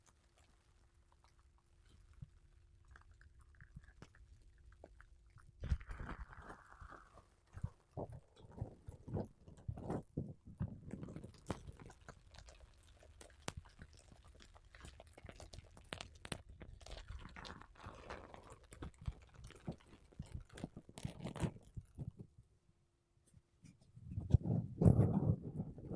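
Makeup brushes and a sponge rub across a microphone in dense, scratchy strokes, with soft, muffled low thumps throughout. Activity starts near six seconds, stays busy with irregular bursts, thins briefly before twenty-four seconds, then swells into louder, heavier rubbing at the end.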